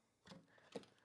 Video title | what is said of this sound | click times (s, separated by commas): Urtopia JOY - Sub $2k Carbon eBike | Whenever you slide it in there, you'll just pull up and you'll hear it click twice. That way you know it's locked. | 0.8 s